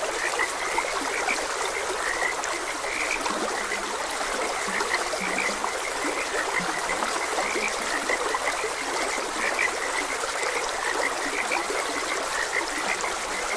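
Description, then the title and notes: A frog chorus of brief croaks sounds on and off throughout, partly masked by a loud, even stream rush. Frogs croaking beside a gentle stream. "Gentle Stream and Frogs Croaking. Calming Sounds of Nature. Sleep and Relaxation Podcast"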